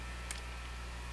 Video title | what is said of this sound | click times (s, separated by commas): World's safest powered paraglider! How to make it be yours. | to make it easier to move until it snaps in place | 0.3 s